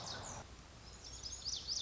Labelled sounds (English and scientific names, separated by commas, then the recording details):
Lazuli Bunting (Passerina amoena)
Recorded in Sonoma County, California